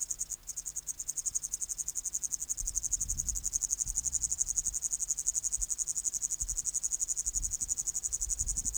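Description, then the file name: Upland green bush-cricket song, a high continuous pulsing buzz, with low rumbling noises joining from the middle onward. "Tettigonia cantans"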